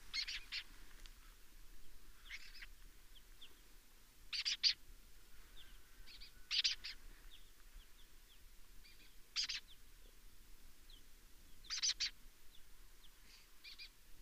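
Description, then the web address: Lesser kestrel calling with scratchy, buzzy chattering notes, singly and in pairs, repeated irregularly throughout, with softer calls in between and steady background hiss. "sound Lesser-kestrel. صدای-پرنده-دلیجه-کوچک"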